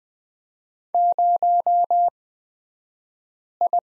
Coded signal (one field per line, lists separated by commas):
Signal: Morse code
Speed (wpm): 20 wpm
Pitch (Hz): 700 Hz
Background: none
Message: 0I